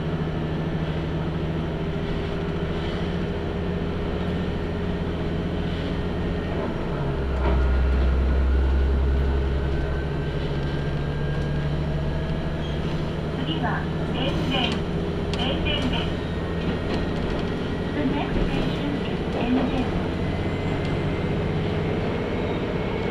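Inside a local train car that has largely emptied, with a steady low engine drone and hum running throughout. Around 7 to 9 seconds the rumble swells louder, then settles back. Faint clicks, rattles and occasional voices sit on top.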